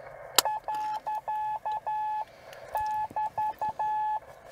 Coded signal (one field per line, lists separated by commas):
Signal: Morse code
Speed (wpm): 12 wpm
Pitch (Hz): 860 Hz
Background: none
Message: .<BT>